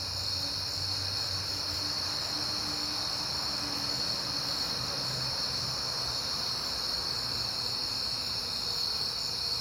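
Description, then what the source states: Crickets chirp in a high continuous chorus over a low rumble. Recorded on a peaceful night in September, crickets heard often at that time.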